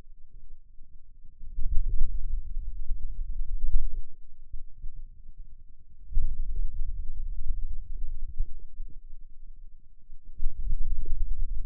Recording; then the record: forearm muscle sounds (acoustic myography)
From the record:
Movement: wrist extension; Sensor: system 2, bracelet of six BSWA MPA416 microphones around the upper forearm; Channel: 1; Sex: male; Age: 22 years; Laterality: right